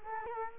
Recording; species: mosquito wingbeat signal from an infrared sensor; Culex quinquefasciatus